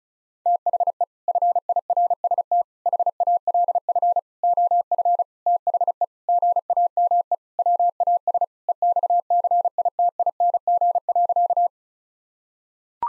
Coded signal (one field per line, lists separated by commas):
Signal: Morse code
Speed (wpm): 36 wpm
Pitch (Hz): 700 Hz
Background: none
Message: THE FIRST HALF OF THE GAME WAS EXCITING.